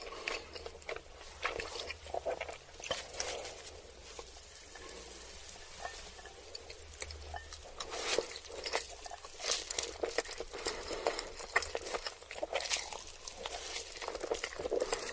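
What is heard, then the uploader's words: Someone eating ramen noodles and chicken nuggets, with constant small wet clicks, slurps and crunchy bites. The chewing sounds are dense and irregular, with louder sharp bursts after about eight seconds. A low steady hum sits underneath throughout. Eating ramen noodles and chicken nuggets.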